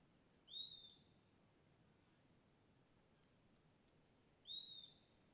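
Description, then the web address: Bird giving two clear high whistles about four seconds apart, over light background hiss. Lone bird by a riverbank in dense forest, afternoon; page names Cavalcante. "Passaro isolado beira do rio mata fechada mosca tarde. local cavalcante"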